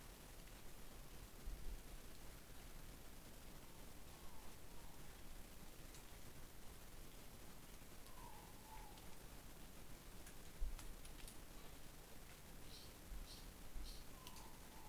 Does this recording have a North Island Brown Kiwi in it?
no